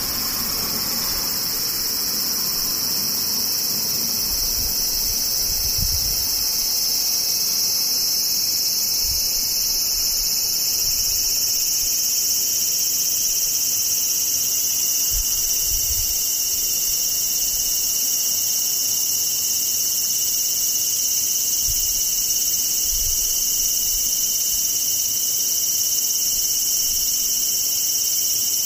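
Cicadas drone in a constant, dense high-pitched buzz that never lets up, with faint low thumps now and then underneath.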